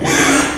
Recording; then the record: squeal of a Yucatan mini pig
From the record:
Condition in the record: after surgery on the right vocal fold (resection and tissue-engineered implant); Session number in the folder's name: 3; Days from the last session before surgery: 33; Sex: male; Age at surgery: 12 weeks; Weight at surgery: 13 kg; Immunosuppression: cyclosporine, prednisolone